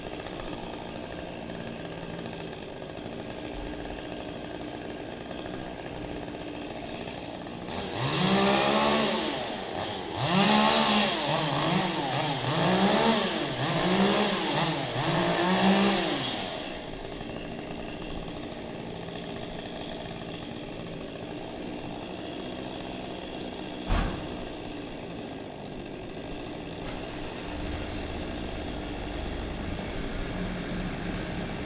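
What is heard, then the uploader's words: A chainsaw revs in rising and falling bursts for about eight seconds mid-clip, cutting a branch, then idles low, with a sharp knock near twenty-four seconds. Cutting down a tree Den Haag. Cutting down a tree in a densely built place; branch by branch, from top to bottom. This particularly tree was sick and treating to fall on a daycare center.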